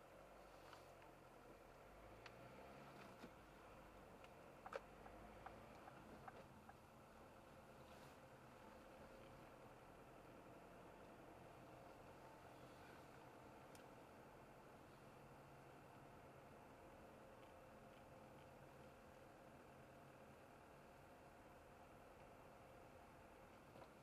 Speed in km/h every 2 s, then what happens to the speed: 8, 17, 24, 20, 18, 29, 31, 30, 30, 28, 29, 28.
0-3 speeds up to 24. 3-8 steady at about 20. 8-11 speeds up to 31. 11-24 steady at about 29.